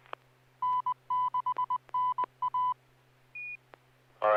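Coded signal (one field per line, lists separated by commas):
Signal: Morse code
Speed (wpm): 20 wpm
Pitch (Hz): 1000 Hz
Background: speech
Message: N6NA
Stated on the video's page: SSTV net on a 441.300 MHz FM repeater using MMSSTV software.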